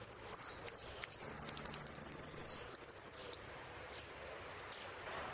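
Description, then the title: Saffron finch song: rapid buzzy high notes running into a long trilled rattle, followed by a few sharp isolated chips. "Jilguero Argentino"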